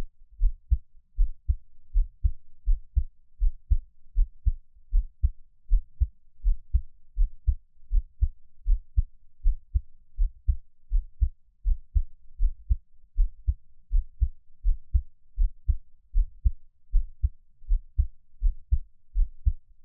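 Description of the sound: Soft, deep, steady heartbeat thumps at about 80 beats a minute, each beat a paired lub-dub, with no talking and little background noise. A gentle, calm adult heartbeat with an even rhythm.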